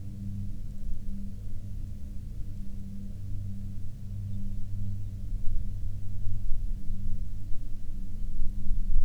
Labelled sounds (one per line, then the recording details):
aircraft
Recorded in the Prudhoe Bay oil fields, Alaska, on 25 May 2019 at 14:45
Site 16